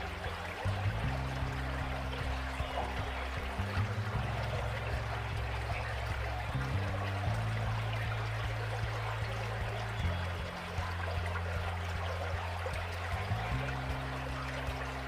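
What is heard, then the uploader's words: A stream runs steadily, its rushing and trickling water filling the mid and upper range without pause. Underneath, a low droning hum holds steady tones that shift to new pitches every few seconds, around the 1, 4, 7, 10 and 13.5 second marks. Today we're meditating to the sounds of the stream.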